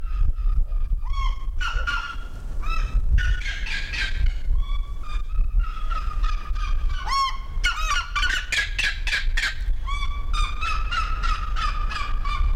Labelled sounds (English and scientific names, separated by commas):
Black-legged Seriema (Chunga burmeisteri) call